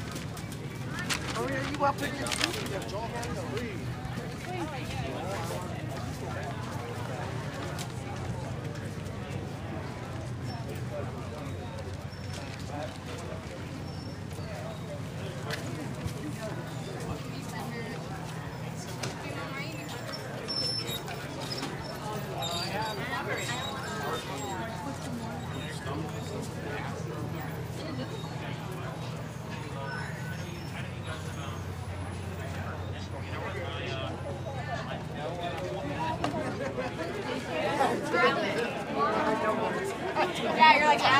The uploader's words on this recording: Uptown Farmer’s Market Solo Run on a very hot Saturday morning in Phoenix Arizona. Farmers market. People talking. Turning out to be a record-breaking average temp above 110 degrees Fahrenheit, 43 degrees Celsius.